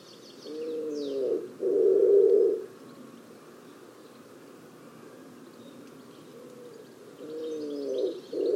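Bird calling twice, each a low two-part phrase of a hooting note and then a hoarse, breathy one, the second cut off at the end, separated by several seconds of quiet, with faint high twitters.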